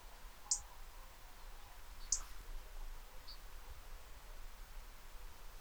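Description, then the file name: European robin calls: brief, sharp high ticks spaced over a second apart, followed by a fainter third note, against a low continuous hiss. "Erithacus rubecula"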